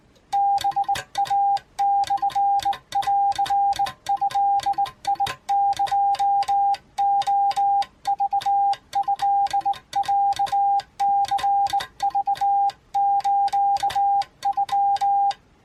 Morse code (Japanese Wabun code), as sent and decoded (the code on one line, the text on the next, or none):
-... .- -..-. .-.-. ..-.. .. -.--- --- ...- ..-.. .-.- -.-. ...- ---.- ..--
ハイモンドエレクトロニクスノ